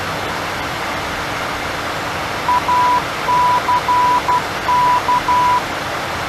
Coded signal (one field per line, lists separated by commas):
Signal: Morse code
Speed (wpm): 12 wpm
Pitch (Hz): 990 Hz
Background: none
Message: ACK